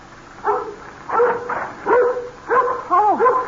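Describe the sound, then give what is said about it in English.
A dog barks in a string of about five short, mid-pitched woofs, the later ones coming in quicker pairs with a slightly whiny edge, with no talking. “Doogie, now you stop your barking now.”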